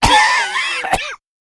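A single cough from an adult man: a sharp broadband burst followed by a brief second burst, lasting about one second.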